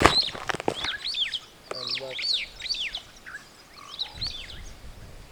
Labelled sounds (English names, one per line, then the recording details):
Superb Starling flight call
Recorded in Kenya on 17 June 2010
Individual 21, of group CF2